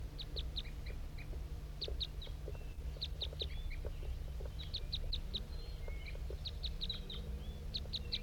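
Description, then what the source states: Crossbill flight calls, sharp high chips in quick pairs and triplets repeated throughout, with softer lower notes and a steady low rumble of wind. Wild male crossbill, small, flying high overhead with undulating flight, coming in toward calling bird 5-3 on a hilltop, around 8:21.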